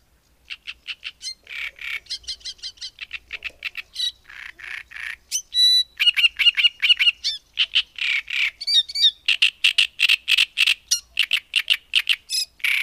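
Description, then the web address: Great reed warbler song: loud, harsh, croaking phrases of repeated grating notes mixed with higher squeaky whistles, delivered in rapid bursts with brief pauses. "agykontroll Madardalok Cd 3. Nádirigó"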